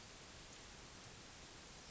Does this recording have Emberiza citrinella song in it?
no